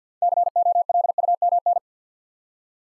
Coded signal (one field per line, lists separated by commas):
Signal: Morse code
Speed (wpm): 50 wpm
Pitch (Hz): 700 Hz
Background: none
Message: COLUMN